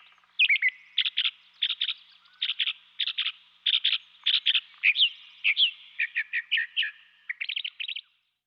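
Northern Mockingbird singing rapid, chattery phrases, each repeated several times in a row.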